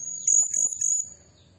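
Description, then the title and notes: Blue-crowned hanging parrot, a long thin shrill note, slightly buzzy and wavering, held for almost a second. Lure for training and attracting birds; a very vocal bird giving 'nembak' calls, meant to provoke other birds. "Burung Serindit Nembak Gacor Bikin Emosi Semua Burung. Suara Nasteran Dan Pemikat Burung Serinditan Gacor"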